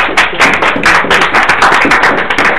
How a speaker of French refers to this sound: Applaudissons d'abord pour lui.